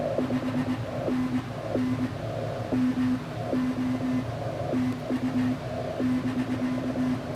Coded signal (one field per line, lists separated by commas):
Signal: Morse code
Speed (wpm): 21 wpm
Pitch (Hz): 250 Hz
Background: none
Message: 5NN MO TU <BK>